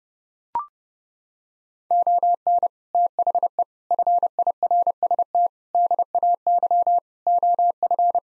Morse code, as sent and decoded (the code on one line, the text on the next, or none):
--- -. / - .... . / ..-. .. .-. ... - / -.. .- -.-- / --- ..-.
ON THE FIRST DAY OF